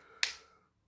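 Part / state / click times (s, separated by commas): plastic back cover clip releasing from the phone frame / released / 0.2 s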